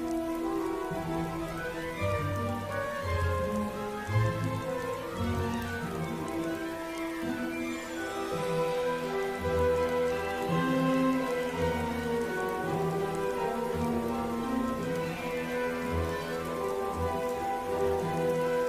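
A rainy night at Hogwarts: a steady hiss of rain runs through the whole clip. Over it, soft sustained musical notes drift slowly, with low bass tones shifting every few seconds. The overall level stays even throughout.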